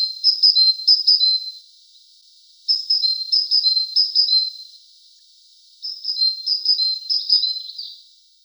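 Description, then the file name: Great tit singing high, thin two-note phrases in three quick bursts separated by brief pauses, each burst a rapid see-saw repetition. "Parus major"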